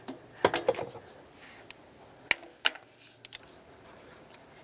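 A click-type torque wrench tightens the knock sensor bolt to 15 ft-lb on a 2006–2012 Toyota RAV4 after the bolt has been snugged. A cluster of faint rattling handling noises early on is followed by two sharp metallic clicks at 2.3 s and 2.7 s, showing the wrench reached its setting.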